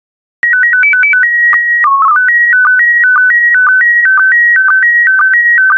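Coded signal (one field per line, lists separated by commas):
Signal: SSTV (slow-scan television)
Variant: PD 120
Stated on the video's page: PD120 mode SSTV images generated for decoding practice, using stock photos, with synthesized audio prompts.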